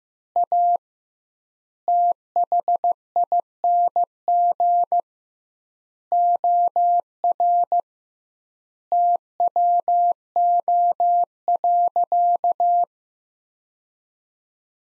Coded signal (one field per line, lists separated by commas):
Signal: Morse code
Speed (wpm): 16 wpm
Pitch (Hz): 700 Hz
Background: none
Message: A THING OR TWO.